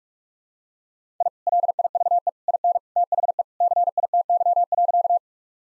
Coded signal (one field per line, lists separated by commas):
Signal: Morse code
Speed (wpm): 46 wpm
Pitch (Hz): 700 Hz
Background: none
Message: I LIVE IN THE CITY.